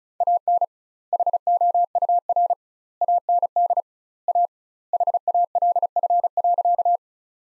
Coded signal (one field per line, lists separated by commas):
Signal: Morse code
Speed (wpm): 34 wpm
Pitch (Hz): 700 Hz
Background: none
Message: AN HOUR AND A HALF.